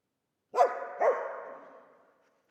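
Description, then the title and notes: Dog barking twice in quick succession, two rough, full barks half a second apart with a long fading tail. Old dog trapped in the pool basin of the decaying Palais El Glaoui courtyard, Fès, Morocco; full sun, circling, rearing on hind legs to bark at visitors; recorded with Zoom F3 and ORTF microphone. "Fès, Fès-Meknès, Maroc - le chien du palais El Glaoui. Dans la cour du palais (en décrépitude avancée), un vieux chien est "prisonnier" dans le bassin/piscine. Il se dresse sur ses pattes arrières pour entrevoir quelques secondes ce qui se passe dans la cour et "invective" les visiteurs de ses aboiements. JF CAVRO"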